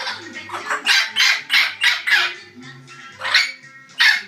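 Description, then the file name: Orange-winged amazon squawking rapidly, a fast series of harsh, broad screeches, several per second, with a brief lull before two more loud bursts. "venesuelskii amazon poyot"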